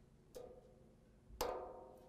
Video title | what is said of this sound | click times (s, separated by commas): How to Install Road Armor Stealth Titan II Guard Front Bumper on a 2017 Chevy Silverado | should hear him pop into place that's when you know you're good you can move on to the next one | 1.4 s